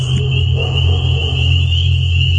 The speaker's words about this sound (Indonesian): Alarm pun berbunyi, aku mulai terbangun.